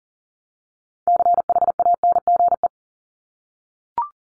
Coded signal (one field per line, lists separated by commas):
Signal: Morse code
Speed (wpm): 40 wpm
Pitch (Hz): 700 Hz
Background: none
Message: CHANGE